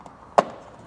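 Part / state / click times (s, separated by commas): plastic trim pocket into scooter leg-shield panel / seated / 0.4 s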